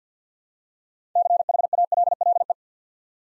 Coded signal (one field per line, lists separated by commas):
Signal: Morse code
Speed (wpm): 50 wpm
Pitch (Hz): 700 Hz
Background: none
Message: CHALLE